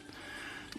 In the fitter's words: click click i missed that one let